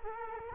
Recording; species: mosquito wingbeat signal from an infrared sensor; Culex quinquefasciatus